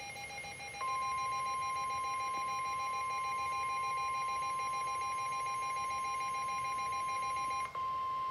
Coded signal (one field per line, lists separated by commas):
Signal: Emergency Alert System (SAME) tones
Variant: 1050 Hz attention tone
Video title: EAS #632 NOAA Weather Radio Severe T’storm Warning #3 4/22/23 4:52 PM